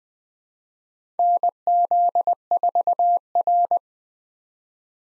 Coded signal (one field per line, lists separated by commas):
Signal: Morse code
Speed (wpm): 20 wpm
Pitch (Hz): 700 Hz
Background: none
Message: NZ4R